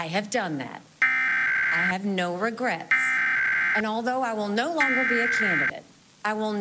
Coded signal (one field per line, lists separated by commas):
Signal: Emergency Alert System (SAME) tones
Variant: header bursts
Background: speech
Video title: Iowa Required Monthly Test (March 6, 2024)